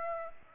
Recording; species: mosquito wingbeat signal from an infrared sensor; Aedes aegypti